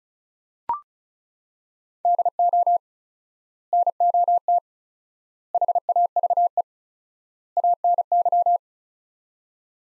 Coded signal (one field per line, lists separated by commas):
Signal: Morse code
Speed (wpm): 36 wpm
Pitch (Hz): 700 Hz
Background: none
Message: DO NOT HAVE ANY